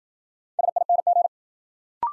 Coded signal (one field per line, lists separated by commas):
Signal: Morse code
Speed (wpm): 52 wpm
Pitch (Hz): 700 Hz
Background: none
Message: SING